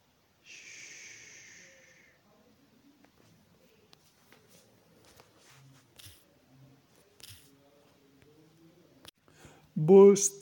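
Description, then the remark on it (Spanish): A yawn: a breathy, hissing inhale at the start, a stretch of faint rustling and small movements, then a loud, voiced, groaning exhale near the end. “Bostezo, el placer de mi espalda gritándole a las hojas naciendo que fui.”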